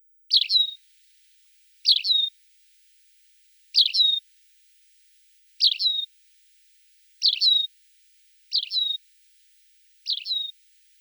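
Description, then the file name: Tawny pipit calls: seven short, sharp chirps, each ending in a brief level note, given singly with gaps of silence between. "Anthus campestris"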